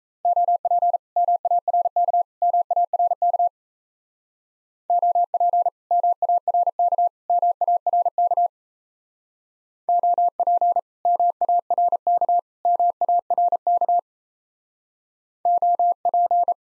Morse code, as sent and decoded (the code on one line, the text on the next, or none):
--- .--. / -- .- .-. -.- / -- .- .-. -.- / --- .--. / -- .- .-. -.- / -- .- .-. -.- / --- .--. / -- .- .-. -.- / -- .- .-. -.- / --- .--.
OP MARK MARK OP MARK MARK OP MARK MARK OP